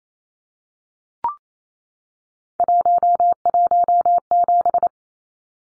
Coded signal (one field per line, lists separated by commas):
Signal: Morse code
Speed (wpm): 28 wpm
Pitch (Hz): 700 Hz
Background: none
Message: 117